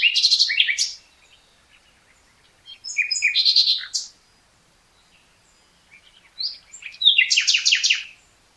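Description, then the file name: Common nightingale singing three phrases of harsh chirps, whistles and fast rattling trills, separated by pauses. "Luscinia megarhynchos"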